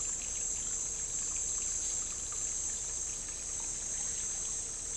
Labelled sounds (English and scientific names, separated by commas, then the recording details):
none
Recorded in dense forest near Puerto Asís, Putumayo, Colombia, on 9 March 2025 at 11:00
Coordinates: 0.467, -76.328
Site G041